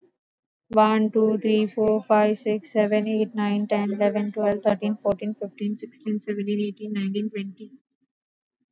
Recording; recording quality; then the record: counting at a normal pace; excellent, no background noise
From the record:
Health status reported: exposed to COVID-19, no respiratory illness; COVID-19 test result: not tested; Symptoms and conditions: sore throat, muscle pain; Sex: female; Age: 25 years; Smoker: not ticked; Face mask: worn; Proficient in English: yes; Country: India